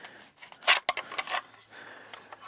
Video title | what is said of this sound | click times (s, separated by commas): MultiHolsters Paddle Holster for M&P Pro | It snaps into place with authority, and yet it's not too tight. | 0.9 s